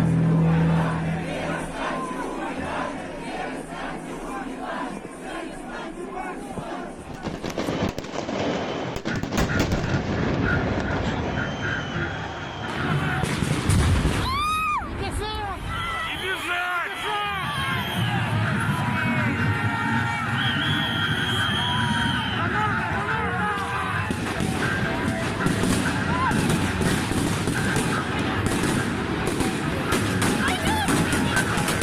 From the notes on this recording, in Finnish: aitoja, dokumentaarisia ääniä, jotka on nauhoitettu Valkovenäjällä meneillään olevissa mielenosoituksissa